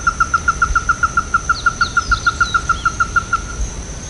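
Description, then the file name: Ruddy-breasted crake calling: a fast, steady run of short, knocking notes, stopping shortly before the end, with faint bird chirps above. "hikuina"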